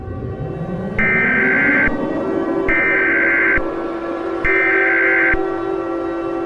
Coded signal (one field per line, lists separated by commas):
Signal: Emergency Alert System (SAME) tones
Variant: header bursts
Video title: EAS Scenario #14: Zombie Spinosaurus (Very Late Halloween Special)